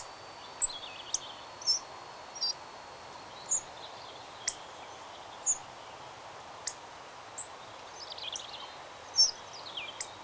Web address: Hawfinch